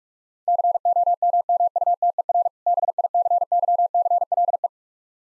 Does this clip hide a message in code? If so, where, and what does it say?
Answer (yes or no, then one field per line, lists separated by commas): yes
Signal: Morse code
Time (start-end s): 0.5-4.7 s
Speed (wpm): 47 wpm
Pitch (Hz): 700 Hz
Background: none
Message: COMMUTER BICYCLE